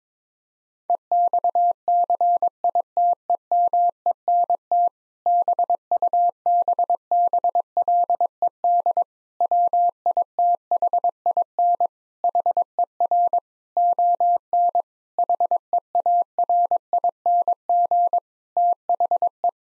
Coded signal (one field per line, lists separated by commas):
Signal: Morse code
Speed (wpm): 22 wpm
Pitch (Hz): 700 Hz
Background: none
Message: EXCITEMENT BUBBLED WITHIN HER ON HEARING THE